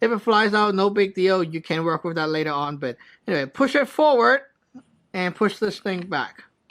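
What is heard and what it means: During reassembly of a pistol-style paintball marker, a spring-loaded metal/resin slide/trigger assembly part is being worked back into the frame, with the spring held in place while one part is pushed forward and the other back. Someone talks throughout, with short pauses and no distinct mechanical sound standing out. The clip ends before the part goes home, so nothing has seated or clicked yet.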